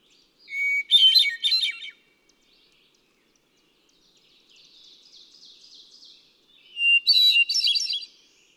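Hermit thrush song: two phrases, each opening on a long pure whistled note followed by a fluty, ringing tumble of higher notes, with a fainter phrase between them.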